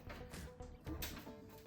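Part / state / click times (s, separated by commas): stainless steel folding fire pit body into its base stand / not seated / none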